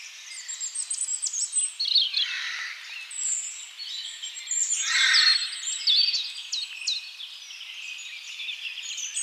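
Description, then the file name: European robin song, high tinkling phrases and thin whistles, with a couple of brief buzzier bursts. "Erithacus rubecula"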